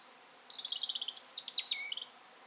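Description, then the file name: European robin song, two quick bursts of high, sparkling twittering notes in close succession, ending on a lower short whistle, with a quiet background. "Erithacus rubecula - European Robin"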